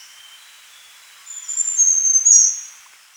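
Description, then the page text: Small niltava song: faint, very high, thin whistles, then a louder high, thin whistled phrase that fades away. "Small Niltava Song Sound Effect. Quick Sounds"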